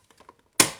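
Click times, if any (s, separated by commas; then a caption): none. A tabbed plastic part is pressed onto the body of a JunHo Lightweight Gold Digger metal detector, with pressure held on top while trying to snap it into place. Faint ticks and rubbing come first, then a loud sharp impact at 0.6 s that quickly decays. The part has not snapped into place.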